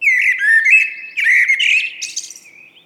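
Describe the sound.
Common blackbird giving a harsh, squawking chatter of rough notes that fades toward the end.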